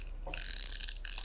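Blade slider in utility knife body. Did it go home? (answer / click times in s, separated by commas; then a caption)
yes / 0.3 s, 0.6 s, 0.7 s, 0.8 s, 0.9 s, 1.1 s. The blade slider of a metal American Line snap-off utility knife is pushed to slide the blade out, ratcheting through closely spaced detent steps so the blade length can be set finely, such as 4 cm, 3.5 cm or 3.2 cm. Sharp clicks are heard as the slider locks into each detent at 0.3, 0.6, 0.7, 0.8, 0.9 and 1.1 seconds. Between clicks there is a faint high-pitched scraping rattle, and each step seats firmly.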